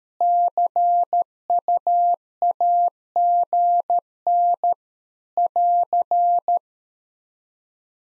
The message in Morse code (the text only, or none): CUAGN <AR>